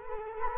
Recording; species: mosquito wingbeat signal from an infrared sensor; Culex quinquefasciatus